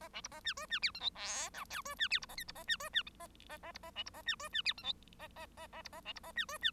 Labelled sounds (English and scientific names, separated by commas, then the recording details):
Bengalese Finch (Lonchura striata domestica) song
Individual Bird1